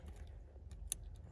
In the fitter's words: and then you put just push it in and it'll click into place